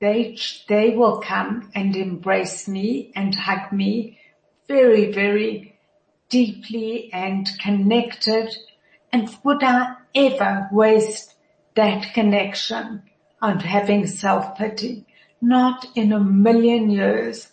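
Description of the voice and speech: An adult woman with motor neuron disease, a progressive degenerative disease affecting her voice, tongue and vocal cords, speaks slowly and effortfully in short phrases separated by frequent pauses, with drawn-out vowels, nasal-sounding vowels and slightly weakened consonants. This fits dysarthria.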